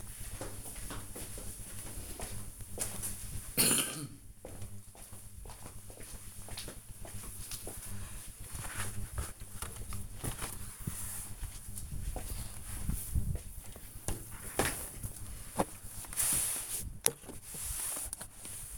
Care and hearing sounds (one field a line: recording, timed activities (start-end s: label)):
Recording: household activities, microphone on the right wrist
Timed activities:
10.60-18.78 s: window cleaning